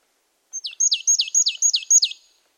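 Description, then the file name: Marsh tit calling a quick string of six sharp, descending high notes linked by a thin whistled tone, delivered evenly over about a second and a half. "Poecile palustris"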